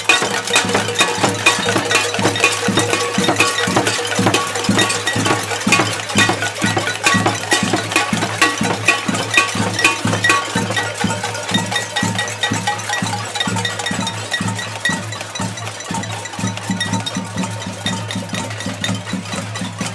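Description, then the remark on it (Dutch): Loud, continuous metallic clanging as protesters in a noise demonstration march through Amsterdam to the Stopera, banging many pots and pans together in a dense, roughly steady rhythm, over a low humming drone, with no talking. “Daarom lopen we nu naar de Stopra in optocht met onze potten en pannen. En we maken kabaal!”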